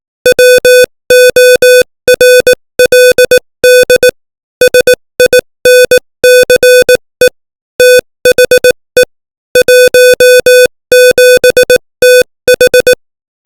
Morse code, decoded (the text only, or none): WORLD SINCE THE 17TH